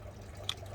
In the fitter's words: And there's that little click.